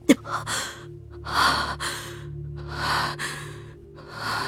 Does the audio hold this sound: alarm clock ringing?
no